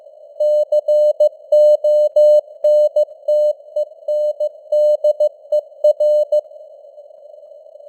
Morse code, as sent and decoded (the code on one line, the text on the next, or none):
-.-. --- -. - . -. -.. . .-.
CONTENDER